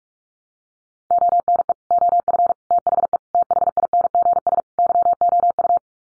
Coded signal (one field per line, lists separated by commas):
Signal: Morse code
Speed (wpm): 44 wpm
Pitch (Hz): 700 Hz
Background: none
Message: ONE OF THE THINGS YOU